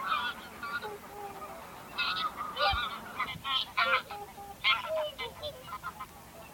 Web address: geluiden wilde zwaan roep